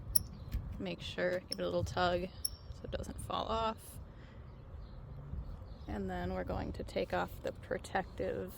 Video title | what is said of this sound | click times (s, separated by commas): 2018 Ford Focus Windshield Wiper Blade Change - Rain-X Latitude Wipers Install #ford #focus #wipers | And you just push it till it clicks. | 0.2 s